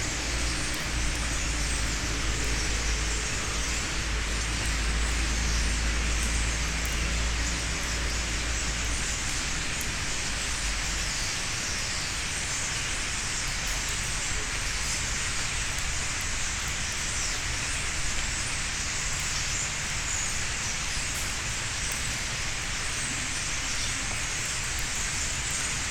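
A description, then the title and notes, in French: A flock of starlings keeps up a dense, unbroken chatter of bright chirps and whistles, steady in level from start to finish. For roughly the first ten seconds a low engine-like rumble runs underneath, then drops away, leaving the birds alone. Etourneaux.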